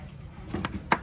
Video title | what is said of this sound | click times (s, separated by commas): Floor Mat System For The Storyteller Mode | so everything just snaps in place | 0.6 s, 0.9 s